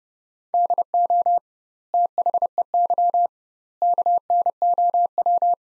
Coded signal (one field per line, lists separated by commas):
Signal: Morse code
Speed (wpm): 30 wpm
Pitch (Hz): 700 Hz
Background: none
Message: DO THEY KNOW